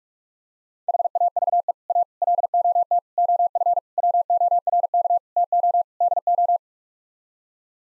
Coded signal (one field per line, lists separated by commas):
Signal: Morse code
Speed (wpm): 41 wpm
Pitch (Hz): 700 Hz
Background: none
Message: HAVE A LOT OF WORK TO DO